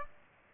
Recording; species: mosquito wingbeat signal from an infrared sensor; Aedes aegypti